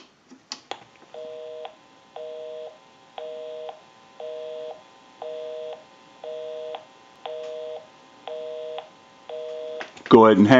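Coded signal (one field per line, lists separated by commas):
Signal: telephone call progress tone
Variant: North America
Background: speech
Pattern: busy tone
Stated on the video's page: A single-slot payphone during its initial checkout, repair and conversion.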